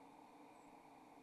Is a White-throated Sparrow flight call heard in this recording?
yes